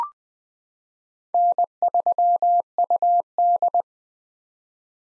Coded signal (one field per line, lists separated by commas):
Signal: Morse code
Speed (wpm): 20 wpm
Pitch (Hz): 700 Hz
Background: none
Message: N3UD